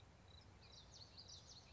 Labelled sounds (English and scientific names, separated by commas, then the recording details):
Common Yellowthroat (Geothlypis trichas)
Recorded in Sonoma County, California